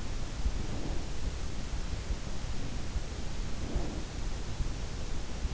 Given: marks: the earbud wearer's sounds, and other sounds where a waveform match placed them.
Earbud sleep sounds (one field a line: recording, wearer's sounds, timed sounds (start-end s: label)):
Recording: sounds in sleep by an in-ear microphone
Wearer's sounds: breath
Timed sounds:
0.07-1.49 s: breath
2.72-4.53 s: breath